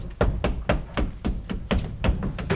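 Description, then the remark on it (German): Steady, evenly spaced knocks on the wooden back panel of a wardrobe, about nine or ten hollow thuds in quick succession, each sharp and fairly loud with no voices. “Halt mal, klopfen Sie die Rückwand des Schrankes ab hier, ja?”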